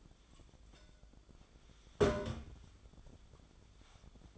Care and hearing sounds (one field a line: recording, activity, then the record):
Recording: daily activity, microphone in the room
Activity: take from stove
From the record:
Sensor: 5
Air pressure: 1010.1 hPa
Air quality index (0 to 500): 146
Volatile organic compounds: 3 ppm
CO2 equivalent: 1432 ppm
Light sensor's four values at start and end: 257/625/267/294 and 255/622/265/291